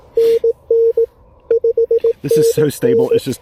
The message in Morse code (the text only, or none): NN 5NN